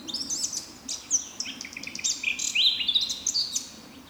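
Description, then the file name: Eurasian blackcap song, a continuous rapid warble of high, varied chattering and whistled notes over a faint low background rumble. "Sylvia atricapilla"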